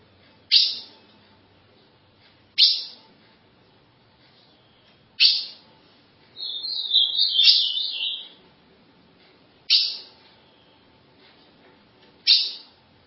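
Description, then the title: Ultramarine grosbeak song: one brief warbled whistled phrase, wavering and dropping, between five loud sharp clicks spaced two to five seconds apart. "Azulao"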